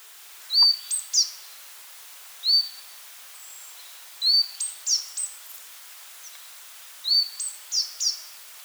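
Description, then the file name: Marsh Tit calling in repeated phrases, each a short whistled note followed by a few sharp, high chips, given three times, with a lone whistled note between the first two. "Poecile palustris"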